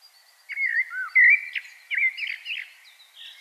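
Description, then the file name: Common blackbird song: several bursts of mellow, warbling whistles with quick rising and falling slurs, broken by short gaps. "Turdus merula"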